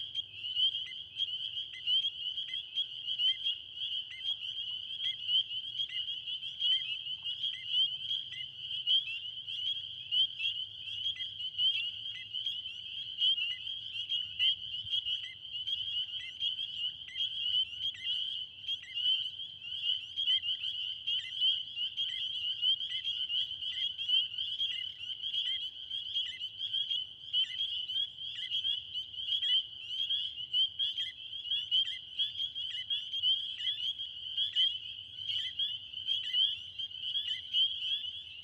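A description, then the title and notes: Spring peepers call in a dense, unbroken chorus, their high piping peeps overlapping so thickly they form a continuous bright trill throughout. A faint low rumble runs steadily underneath the whole time, with no woodcock or train standing out. Recorded in West Kingstown, Rhode Island on Liberty Road near the Great Swamp. Peepers and all the other critters came out.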